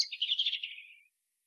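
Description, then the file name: European robin giving one thin, high, slightly descending warbled phrase lasting about a second, fading out at the end; no other sounds. "Erithacus rubecula"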